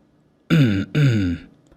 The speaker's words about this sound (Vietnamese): Tôn chủ lúc này ho khan một tiếng, đi lên trước mà nói